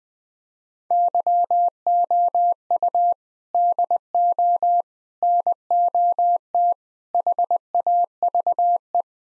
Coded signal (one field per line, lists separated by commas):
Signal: Morse code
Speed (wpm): 20 wpm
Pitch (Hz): 700 Hz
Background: none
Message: YOU DO NOT HAVE